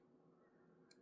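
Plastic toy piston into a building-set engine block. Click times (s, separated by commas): 0.9 s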